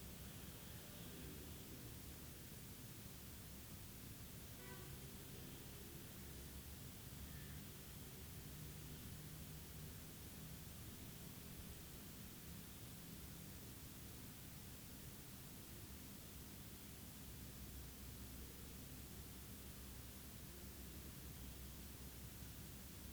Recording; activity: daily activity, guitar pickup as the sensor; sit